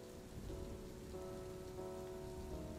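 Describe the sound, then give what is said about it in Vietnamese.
Steady rain patters on a hard surface in a dense, continuous wash of droplets, with a faint low hum threading beneath and no voices. “Vũ Sơ Yến như được nước mưa chữa lạnh, cô chạy như bay về nhà.”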